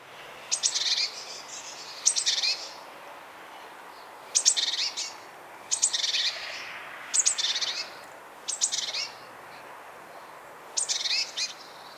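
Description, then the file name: Great tit repeating harsh, buzzy scolding churrs, several bursts at uneven intervals. "Parus major"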